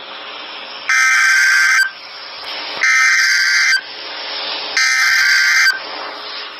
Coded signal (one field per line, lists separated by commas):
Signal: Emergency Alert System (SAME) tones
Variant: header bursts